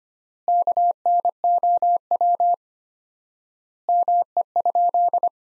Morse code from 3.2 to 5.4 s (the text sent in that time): ME?